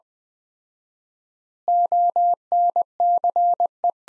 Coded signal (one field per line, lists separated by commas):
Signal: Morse code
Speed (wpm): 20 wpm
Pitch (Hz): 700 Hz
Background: none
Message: ONCE